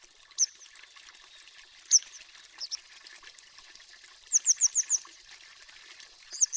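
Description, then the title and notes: Grey Wagtail uttering a few isolated high metallic notes, then a fast run of four or five, against a constant rushing background. High metallic two-syllable call; song a short series of sharp notes sung by the male in flight; breeds along fast mountain streams, winters in towns; nests in rock crevices, banks, under bridges, drains. "Triluri Urbane. Codobatura de munte. Orașul Vorbește. Societatea Ornitologica Română"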